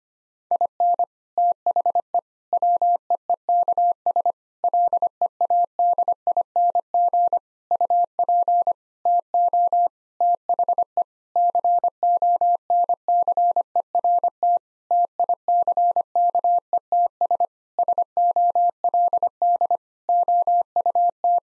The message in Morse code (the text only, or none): IN THE WEEKS LEADING UP TO THE CONCERT TICKETS SOLD OUT